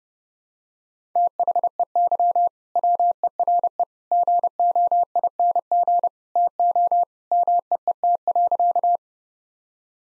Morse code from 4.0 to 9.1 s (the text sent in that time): GOING TO MEET.